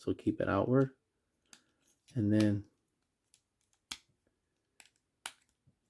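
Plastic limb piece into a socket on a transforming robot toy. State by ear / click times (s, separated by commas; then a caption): not seated / none. Someone talks while handling a plastic limb piece of a transforming robot toy, moving it toward its socket during transformation, with small sharp plastic clicks and taps near 1.5, 3.3, 3.9, 4.8 and 5.3 seconds. The piece has not popped into its socket yet; nothing has seated.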